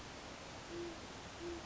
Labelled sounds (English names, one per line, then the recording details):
Great Horned Owl
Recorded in Sonoma County, California